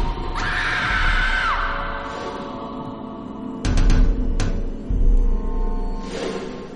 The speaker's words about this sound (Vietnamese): hét lên kinh hoàng, tiếng hét như xé toạc màn đêm